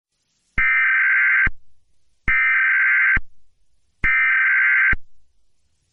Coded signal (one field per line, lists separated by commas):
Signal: Emergency Alert System (SAME) tones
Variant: header bursts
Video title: EAS Child Abduction Emergency Amber Alert Recreation (New Mexico)